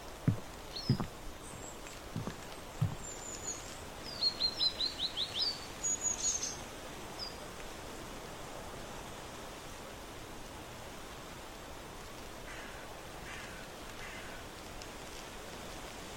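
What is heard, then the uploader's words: Autumn porch ambience with a steady hiss, a quick run of high bird chirps around four to six seconds, and a few low thumps early on. On the porch in autumn.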